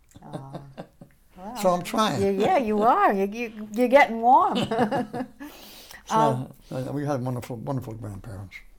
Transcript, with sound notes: Ah. [laughs] Well—
So I'm trying. [chuckles]
Yeah, you are. You're—you're getting warm. [laughter]
So we had wonderful—wonderful grandparents.